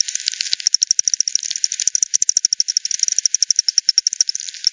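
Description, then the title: Bat echolocation calls, brought down to audible range as rapid dry clicks in steady trains of about ten per second. Multiple bats over the Hogsmill River at Hogsmill Lane, 7 October 2020, 18:10; frequency-divided by ten bat detector output, bandpass filtered and resampled. "WW bat 20201007 T 18 : 10 Z-Hogsmill-Lane-Hogsmill-River-multiple-bats"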